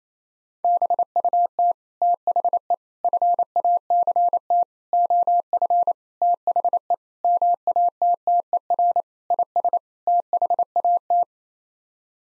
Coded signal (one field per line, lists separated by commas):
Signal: Morse code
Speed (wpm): 28 wpm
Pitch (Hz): 700 Hz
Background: none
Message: BUT THE FACT OF THE MATTER IS THAT